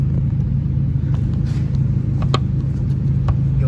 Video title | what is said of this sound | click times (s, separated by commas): #howto To Add Red Car Seat Covers To Any Car - 2012 Kia forte sedan | hear that click and it releases that side | 2.3 s